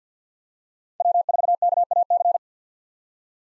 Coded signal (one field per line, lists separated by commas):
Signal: Morse code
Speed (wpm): 50 wpm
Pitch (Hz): 700 Hz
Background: none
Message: W4KAC